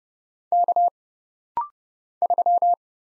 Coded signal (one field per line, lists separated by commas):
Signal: Morse code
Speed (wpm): 31 wpm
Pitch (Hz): 700 Hz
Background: none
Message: K 3